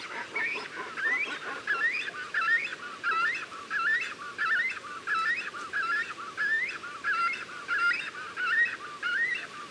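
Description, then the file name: Cormorant calls: a steady stream of nasal, rising, goose-like honks, about one and a half per second, over continuous low background hiss. Calling at the nest. "CORMORANS AU NID"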